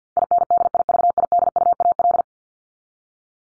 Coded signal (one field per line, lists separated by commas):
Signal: Morse code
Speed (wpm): 48 wpm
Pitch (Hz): 700 Hz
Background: none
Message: INDIVIDUAL